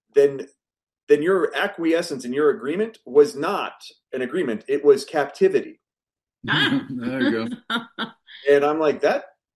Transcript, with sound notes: then your acquiescence and your agreement was not an agreement. It was captivity.
(laughs)
There you go.
(laughs)
And I'm like,